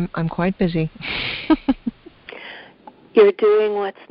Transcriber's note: laughs